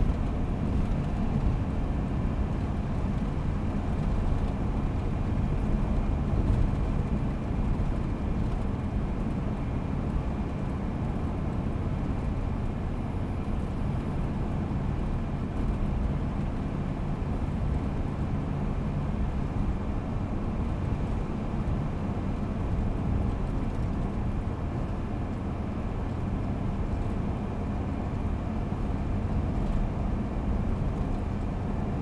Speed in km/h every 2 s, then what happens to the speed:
88, 87, 87, 86, 87, 87, 87, 87, 89, 89, 89, 89, 88, 89, 89, 89.
0-32 steady at about 88.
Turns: none.